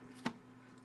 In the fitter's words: did you hear it click down that is the most important thing because